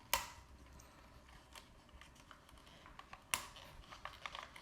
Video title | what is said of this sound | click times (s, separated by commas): Zimablue Yoke Steering Wheel Full Installation Video | push these tabs back in make sure you hear a clicking noise okay | 0.1 s, 3.3 s